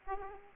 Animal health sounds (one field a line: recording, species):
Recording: mosquito wingbeat signal from an infrared sensor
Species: Aedes aegypti